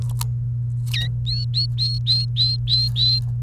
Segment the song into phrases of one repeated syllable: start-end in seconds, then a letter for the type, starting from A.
0.93-1.07 A, 1.26-3.19 B